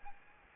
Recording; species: mosquito wingbeat signal from an infrared sensor; Aedes albopictus